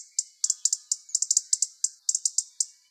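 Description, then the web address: European robin giving sharp, high tick notes, singly and in quick pairs, repeated irregularly several times a second. "Erithacus rubecula"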